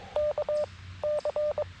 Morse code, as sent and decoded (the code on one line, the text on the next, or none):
-.- / -.-.
K C